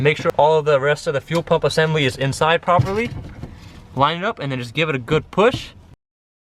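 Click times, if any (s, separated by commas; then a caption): none. Someone talks while a fuel pump assembly is lined up and handled at the fuel tank opening, ready to be pushed down through its O-ring gasket. Only speech is heard, with no sharp knock or click. Nothing has seated or clicked yet.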